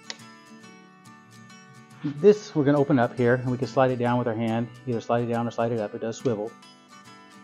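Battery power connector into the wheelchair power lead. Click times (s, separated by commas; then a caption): 0.1 s. On an X-9 electric wheelchair with automatic recline, the two red power supply plugs from the battery are pushed together, connecting the battery power connector into the wheelchair power lead. A sharp click is heard at 0.1 s, followed by someone talking over quiet background music. The connector seats.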